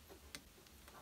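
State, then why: Released. A paper clip is pushed firmly into the round release hole on the front of a Molex connector on a Ural OBD2 cable for retro models to free a crimped pin from the housing. A sharp, bright click at 0.3 s marks the pin latch clicking free, followed by two fainter ticks. The pin is released.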